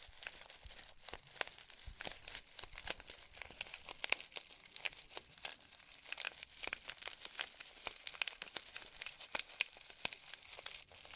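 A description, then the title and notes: Slime being squished and stretched gives a dense, steady run of sharp crinkly pops and crackles, bright and rapid throughout the whole clip. ASMR SLIME! 5 Satisfying Slimes.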